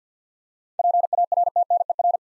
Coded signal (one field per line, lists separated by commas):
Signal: Morse code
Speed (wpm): 53 wpm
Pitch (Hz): 700 Hz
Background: none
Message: PARTNER